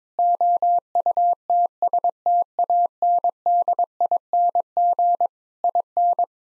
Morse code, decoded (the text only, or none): OUTSTANDING IN